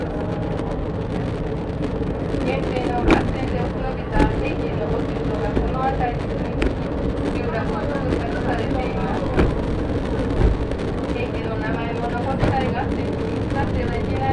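A ride aboard the Shimanto Torokko trolley train on the Yodo Line, with a steady, heavy rumble of wheels throughout. Sharp clacks ring out every second or two, near 3, 4, 6.5, 9.5, 10.5 and 12.5 seconds, while passengers' voices chatter underneath.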